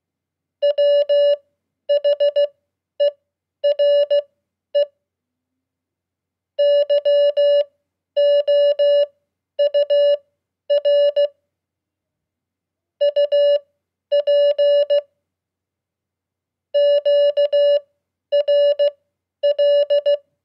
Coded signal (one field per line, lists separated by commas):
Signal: Morse code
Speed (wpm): 16 wpm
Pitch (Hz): 580 Hz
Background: none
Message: WHERE YOUR UP QRL